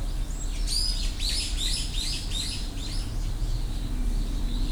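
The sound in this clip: Bird calls: a quick series of high, bright chirps that sweep down in pitch, coming rapidly for about three seconds over a steady low rumble of background noise.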